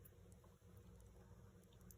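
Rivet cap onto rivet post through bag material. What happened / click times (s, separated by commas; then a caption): The rivet cap is being handled but has not snapped home yet / none. A push-together rivet cap is handled against its rivet post through the fabric or vinyl of a shoulder bag, over a steady low hum with a few faint, brief ticks near 0.1 and 1.9 seconds. Nothing has seated or clicked into place yet.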